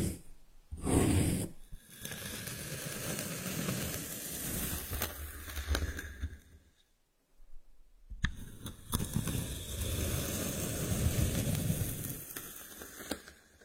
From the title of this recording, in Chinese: 动力沙触发，沙沙声